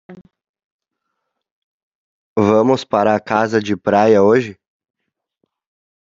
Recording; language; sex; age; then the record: short text; Brazilian Portuguese; male; 20 to 29 years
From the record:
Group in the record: control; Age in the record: 27 years